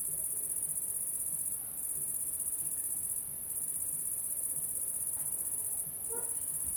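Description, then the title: Cricket song, an unbroken shrill high-pitched buzz that briefly fades three times, with soft low background rumble and a faint short chirp near the end. Recorded at La Sablière, Saint-Privat-de-Champclos, France, with a Zoom H6 and M/S microphone. "30430 Saint-Privat-de-Champclos, France - cricket la sabliére"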